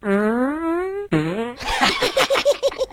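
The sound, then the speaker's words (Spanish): A long, buzzy fart noise with a slowly rising pitch, then a shorter second one, followed by a rapid series of noisy, rhythmic bursts in a playful comic rap song about farts, accompanied by piano. “Todo el mundo se tira pedos.”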